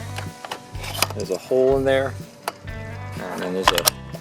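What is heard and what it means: A pool vacuum head is being handled onto a telescopic pole, where a spring button is meant to pop out through a hole in the pole to lock it. Someone talks while a few light knocks and taps of handling are heard, with background music throughout. Nothing has seated or clicked yet.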